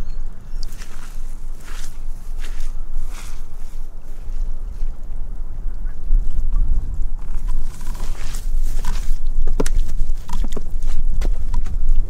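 Footsteps walking through a Viking village in Iceland, crunching and scuffing at an irregular pace across uneven ground. Short bright scrapes and clicks come every second or so, over a steady low rumble of wind. Around the eight to ten second mark the steps grow sharper.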